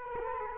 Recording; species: mosquito wingbeat signal from an infrared sensor; Culex quinquefasciatus